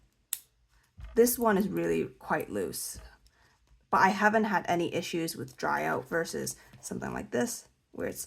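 The snap cap of a metal-bodied fountain pen, on the barrel, gives a single sharp snap at 0.3 s, though it may be the cap closing or being pulled off. Someone then talks, comparing cap tightness between pens; this pen's cap is judged quite loose.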